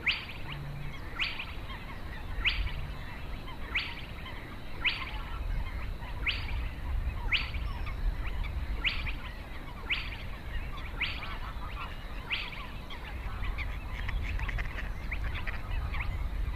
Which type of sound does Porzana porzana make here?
song